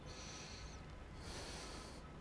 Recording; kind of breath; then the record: one breath in and out by a microphone near the nose and mouth; deep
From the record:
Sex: male